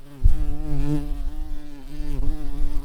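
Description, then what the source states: Tree bumblebee buzzing: a steady low droning hum with rich overtones, wavering slightly in pitch and loudness as it continues. Queen bumblebee.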